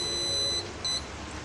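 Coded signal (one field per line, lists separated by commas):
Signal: beep code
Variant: RC car ESC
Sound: one long electronic beep, a pause, then one short beep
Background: room hum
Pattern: 1 long, 1 short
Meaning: Value six in the programming category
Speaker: well I just pushed the reset button and it'll cycle through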